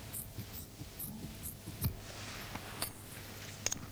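Faint, irregular snips and clicks of surgical scissors cutting away superficial tissue layers during a breast operation, a few sharper cuts standing out over a low steady hum, with no talking.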